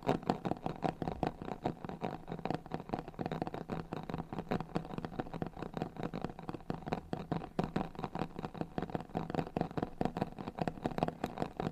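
Rapid, continuous scratching and rubbing on a cardboard box, dense irregular strokes with a papery rasp over a low hollow rumble throughout.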